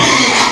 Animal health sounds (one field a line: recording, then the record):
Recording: squeal of a Yucatan mini pig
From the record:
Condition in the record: before surgery on the right vocal fold (resection and tissue-engineered implant)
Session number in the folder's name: 2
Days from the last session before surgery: 0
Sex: male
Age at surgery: 12 weeks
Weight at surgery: 13 kg